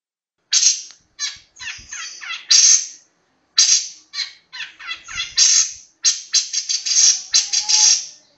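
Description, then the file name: Long-tailed shrike song: rapid, scratchy chattering phrases delivered in quick bursts separated by brief silent gaps. Master song recording used as a model for training songbirds. "cendet master. omkicau"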